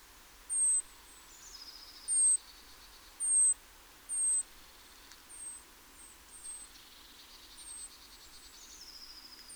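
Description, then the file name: Great tit calls: thin, very high, slightly falling notes repeated about once a second, later ones fainter, with lower buzzy notes in between. "Parus major"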